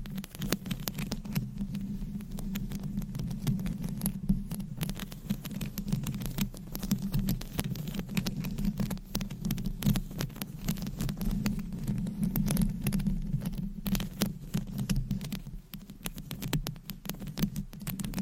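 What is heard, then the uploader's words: Mic scratching fills the whole stretch, a dense, continuous rasping patter of tiny clicks and scrapes with no pauses. A steady low hum sits underneath throughout, while the scratching swells and eases slightly, dipping briefly around the sixteen-second mark. ASMR Mic Scratching - Brain Scratching on 10 Different Mics. No Talking.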